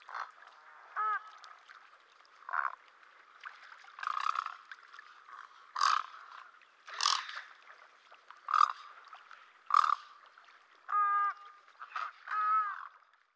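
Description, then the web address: Great egret calling with rough, guttural croaks spaced a second or two apart, mixing drawn-out rasping notes with quick rattling stutters. Eastern North America. "Dan Gibson Wildlife Identification By Sound, Eastern North America Pt 2. Great Egret"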